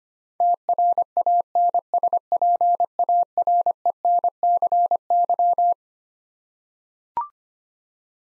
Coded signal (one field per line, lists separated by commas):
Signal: Morse code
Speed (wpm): 25 wpm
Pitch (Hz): 700 Hz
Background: none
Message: TRANSPARENCY